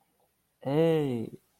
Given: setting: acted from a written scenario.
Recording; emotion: vocal sound without words; sympathy